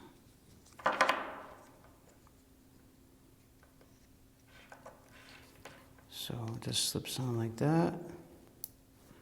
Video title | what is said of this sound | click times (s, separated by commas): How to set up the DJI Wireless Mic | You'll feel a little click, and | 8.6 s